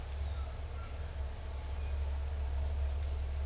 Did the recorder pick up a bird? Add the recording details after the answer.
yes. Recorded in secondary vegetation near Puerto Asís, Putumayo, Colombia, on 21 December 2024 at 07:30. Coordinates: 0.498, -76.327. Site GP07